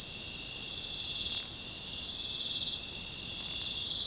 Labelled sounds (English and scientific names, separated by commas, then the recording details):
none
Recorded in secondary vegetation near Puerto Asís, Putumayo, Colombia, on 21 December 2024 at 19:00
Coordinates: 0.499, -76.323
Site G010